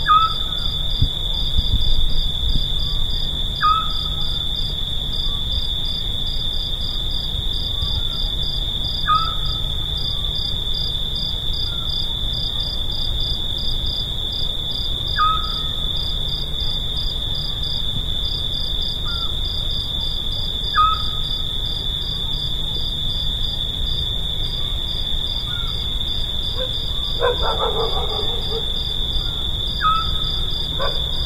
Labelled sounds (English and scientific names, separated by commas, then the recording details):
Eurasian Scops Owl (Otus scops) song
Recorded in the wild
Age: adult
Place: Vasilikos, Zakynthos, Ionien Islands, GR
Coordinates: 37.7175, 20.9817
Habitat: olive grove
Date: 2012-07-02
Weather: 25°C, clear, almost windless
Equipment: Sound Devices 702, Sennheiser MKH 415 T, Rhode Windschutz
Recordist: Frommolt, Karl-Heinz